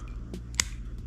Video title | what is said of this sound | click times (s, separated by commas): Aerobat Mini Drone Setup Guide: Best $18 Beginner Drone from Temu? | And then slip it toward the front and it locks into place. | 0.6 s